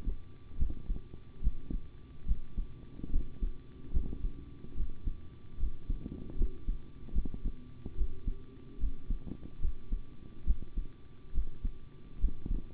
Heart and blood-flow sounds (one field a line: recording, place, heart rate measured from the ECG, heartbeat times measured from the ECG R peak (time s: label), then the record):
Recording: heart sounds by stethoscope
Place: between the tricuspid and mitral areas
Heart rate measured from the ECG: 72 bpm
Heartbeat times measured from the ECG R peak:
0.57 s: heartbeat
1.42 s: heartbeat
2.26 s: heartbeat
3.11 s: heartbeat
3.92 s: heartbeat
4.75 s: heartbeat
5.58 s: heartbeat
6.36 s: heartbeat
7.13 s: heartbeat
7.96 s: heartbeat
8.78 s: heartbeat
9.60 s: heartbeat
10.45 s: heartbeat
11.32 s: heartbeat
12.19 s: heartbeat
From the record:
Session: rest, sitting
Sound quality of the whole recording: good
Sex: male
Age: 25 years